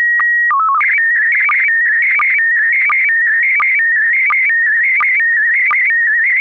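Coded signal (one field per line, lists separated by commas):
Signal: SSTV (slow-scan television)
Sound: steady whistle tone, brief low chirp, then warbling tone with regular short low blips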